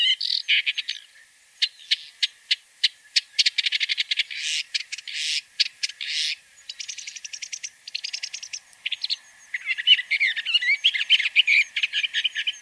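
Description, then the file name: Woodchat shrike giving sharp clicks and rapid chattering bursts, then a scratchy, varied warbling passage toward the end. "Rodhuvad tornskata"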